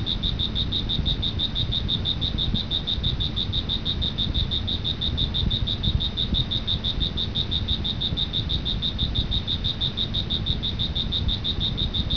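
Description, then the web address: Cricket chirping: an unbroken, high-pitched pulsing trill, steady throughout, over a low rumbling background noise. "特酷声音素材库 动物 昆虫 蟋蟀"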